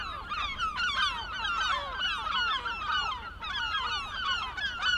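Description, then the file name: Gulls in a flock giving constant overlapping squealing, down-slurred cries with no pause. Recorded 23 May 2004. "Mouettes 040523"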